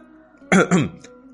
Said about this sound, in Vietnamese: Ở một bên Tiêu Thạch ho khan một tiếng chen lời vào.